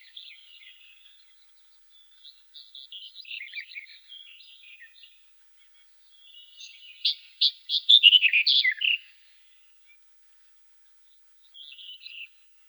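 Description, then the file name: Black-headed bunting song: soft twittering passages followed by a loud, rapid, buzzy warble around the middle, with a brief quieter phrase at the close. "Ovsjanka chernogolovaja"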